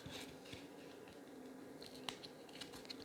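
A watch strap end is pushed into the band slot of a 41mm Apple Watch Series 9 case among soft handling taps and rustles. A sharp, short click at 2.1 seconds marks the strap snapping in and seating.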